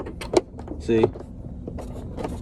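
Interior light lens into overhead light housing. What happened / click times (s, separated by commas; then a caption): The light lens is handled but not yet snapped into its housing / none. Someone talks while handling the plastic lens of an interior dome light on a 2014 Dodge Charger, working it back into the overhead headliner housing. Short handling knocks and taps are heard around 0.2–0.4 s, with a brief louder tone near 1.0 s. Nothing has seated or clicked yet.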